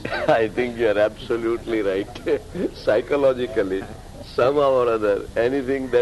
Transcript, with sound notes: I think you are absolutely right. [laughing] Psychologically, somehow or other, anything that is...